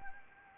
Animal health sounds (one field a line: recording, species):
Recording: mosquito wingbeat signal from an infrared sensor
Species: Anopheles arabiensis